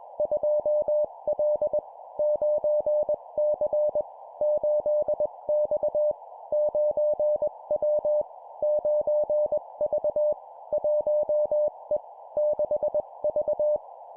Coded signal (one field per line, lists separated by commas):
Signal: Morse code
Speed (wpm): 21 wpm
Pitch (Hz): 600 Hz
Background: none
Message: 2L 9C 8X 9W 9V 1E 6V